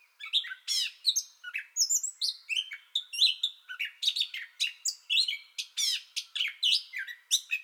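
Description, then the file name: Gray catbird song, a quick stream of varied phrases mixing rising and falling whistles, harsh squeaks and chattering bits, barely pausing between notes. Song bout already in progress, 30 May 2021. "2021-05-30 Gray Catbird Song Bout Already Going"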